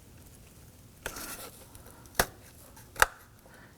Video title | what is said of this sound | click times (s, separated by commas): How to Replace Serpentine Belt Kit 2003-2014 Volvo XC90 | You're going to hear that click and lock in. | 3.0 s